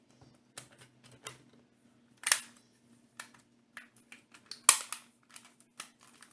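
After a battery swap, the plastic rear shell half of a PS3 game controller is pressed gently into the front shell half so the buttons don't pop out. Light plastic ticks and taps are heard throughout, with a sharper snap around 2.3 s. The halves clip shut with a loud click at 4.7 s and are properly seated.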